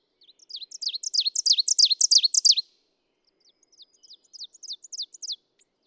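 Ovenbird singing a loud crescendo of repeated high chanting phrases, followed after a short pause by a second, quieter run of the same notes.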